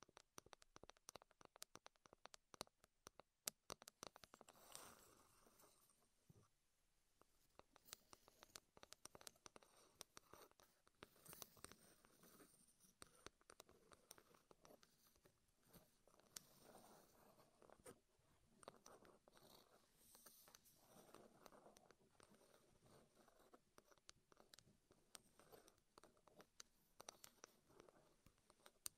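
Wooden trigger sounds: rapid, irregular taps and clicks on wood that crowd together with almost no pause. The sharp knocks stay busy and crisp for the whole stretch, easing briefly around six seconds before resuming with steady, dense patter.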